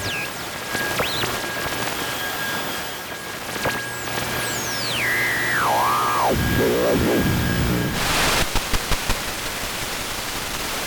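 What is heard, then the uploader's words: Analog TVs being tuned: steady hiss and static with sweeping, warbling whistles gliding downward mid-clip, then a burst of crackle near eight seconds. I wanted to capture the sound of tuning analog TVs. I ended up recording a bunch of tuning, static and noise from a number of devices.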